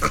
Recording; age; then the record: pig call; piglet (1 to 25 days)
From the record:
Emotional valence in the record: positive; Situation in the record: reunion after long isolation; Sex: male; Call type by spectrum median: low-frequency call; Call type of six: low-frequency tonal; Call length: 0.11 s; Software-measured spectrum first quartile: 208 Hz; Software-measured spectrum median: 1073 Hz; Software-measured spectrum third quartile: 1756 Hz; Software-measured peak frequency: 1259 Hz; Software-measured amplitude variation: 123 dB a second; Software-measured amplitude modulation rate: 4.6 a second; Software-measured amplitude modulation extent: 26.7 dB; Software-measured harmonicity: 1.2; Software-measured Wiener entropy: -1.49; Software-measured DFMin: 688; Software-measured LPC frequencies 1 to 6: 1280, 2216, 3518, 4422, 6153, 6751 Hz